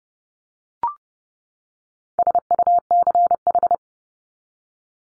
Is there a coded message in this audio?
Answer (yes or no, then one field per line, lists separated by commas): yes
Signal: Morse code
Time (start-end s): 2.2-3.7 s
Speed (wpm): 30 wpm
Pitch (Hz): 700 Hz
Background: none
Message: SUCH